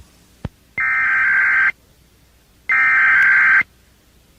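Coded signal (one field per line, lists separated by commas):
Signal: Emergency Alert System (SAME) tones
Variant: header bursts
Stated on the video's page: Very early real EAS test aired on FM radio station 97.5 in November 1997.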